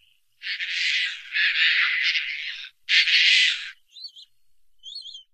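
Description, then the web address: Caspian tern calling with long, harsh, grating rasps in succession, followed by a few brief, high, thin notes. "Songs of Birds of North America Stokes. Caspian Tern"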